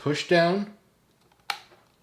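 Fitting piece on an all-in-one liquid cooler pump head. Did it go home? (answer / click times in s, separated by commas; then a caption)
yes / 1.5 s. Someone talks, then a fitting piece on the pump head of an Aorus Waterforce 240 all-in-one liquid cooler, lined up beside the hoses, is slid to the side and pushed down. A sharp click at 1.5 s shows it has seated in place.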